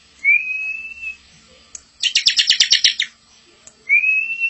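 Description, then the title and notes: Bar-winged prinia song: a drawn-out rising whistle, then a dry buzzy trill of about a second, then another rising whistle. Ngebren song style. "Ciblek Ngebren Untuk Masteran Murai Batu. Suara Nada"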